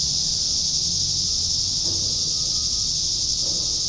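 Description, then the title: Cicadas droning in a dense, steady high-pitched buzz that holds without a break, with a faint low rumble underneath. "neoscenes: cicadas"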